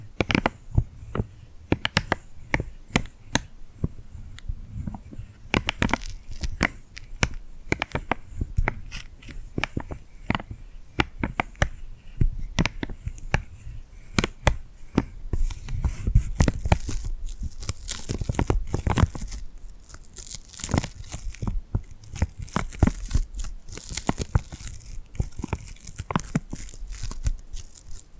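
Tingly glued hand sounds: dense, rapid sticky peeling and crackling clicks throughout, growing busier and louder after the midpoint, with brief tearing bursts.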